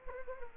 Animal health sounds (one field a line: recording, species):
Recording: mosquito wingbeat signal from an infrared sensor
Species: Anopheles gambiae